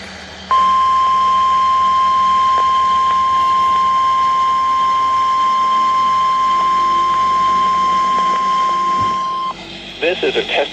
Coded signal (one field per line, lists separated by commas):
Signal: Emergency Alert System (SAME) tones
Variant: 1050 Hz attention tone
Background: speech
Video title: Required Weekly Test WNG698 (EAS #1)